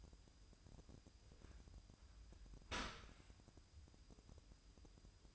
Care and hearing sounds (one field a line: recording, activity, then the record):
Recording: daily activity, microphone in the room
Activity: open dishwasher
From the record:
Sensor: 2